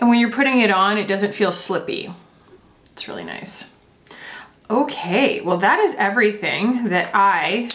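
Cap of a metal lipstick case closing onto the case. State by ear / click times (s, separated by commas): seated / 4.1 s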